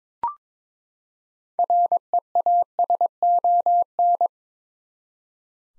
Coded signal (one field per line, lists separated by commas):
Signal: Morse code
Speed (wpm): 22 wpm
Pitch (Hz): 700 Hz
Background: none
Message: REASON